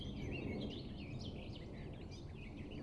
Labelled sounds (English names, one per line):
Eurasian Blackcap